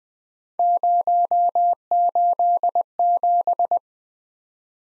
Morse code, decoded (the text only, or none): 087